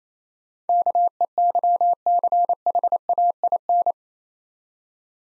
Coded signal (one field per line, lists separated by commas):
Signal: Morse code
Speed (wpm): 30 wpm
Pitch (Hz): 700 Hz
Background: none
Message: KEYCHAIN